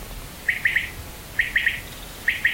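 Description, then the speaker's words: Common Quail call, a quick liquid three-note phrase repeated about every second, sharp and clear over a quiet background. Groningse Ruiten A, Netherlands; described as sounding like it comes from a synthesizer. "In de Groningse Ruiten A hoort Huib de kwartel."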